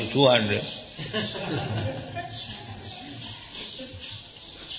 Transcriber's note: laughter